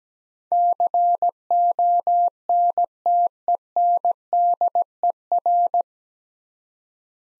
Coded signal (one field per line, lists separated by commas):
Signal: Morse code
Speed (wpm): 17 wpm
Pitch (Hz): 700 Hz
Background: none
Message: CONTENDER